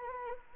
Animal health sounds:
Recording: mosquito wingbeat signal from an infrared sensor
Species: Anopheles arabiensis

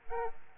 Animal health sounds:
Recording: mosquito wingbeat signal from an infrared sensor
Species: Aedes aegypti

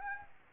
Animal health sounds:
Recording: mosquito wingbeat signal from an infrared sensor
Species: Aedes aegypti

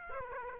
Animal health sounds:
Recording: mosquito wingbeat signal from an infrared sensor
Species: Aedes aegypti

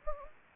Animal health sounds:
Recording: mosquito wingbeat signal from an infrared sensor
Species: Anopheles gambiae

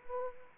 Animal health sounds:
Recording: mosquito wingbeat signal from an infrared sensor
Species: Anopheles arabiensis

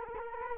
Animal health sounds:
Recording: mosquito wingbeat signal from an infrared sensor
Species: Culex quinquefasciatus

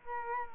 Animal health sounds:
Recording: mosquito wingbeat signal from an infrared sensor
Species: Culex quinquefasciatus

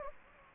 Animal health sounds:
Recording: mosquito wingbeat signal from an infrared sensor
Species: Anopheles gambiae

